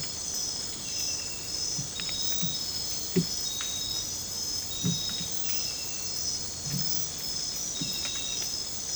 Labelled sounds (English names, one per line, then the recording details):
none
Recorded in dense forest near Puerto Asís, Putumayo, Colombia, on 22 December 2024 at 22:30
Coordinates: 0.484, -76.317
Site G026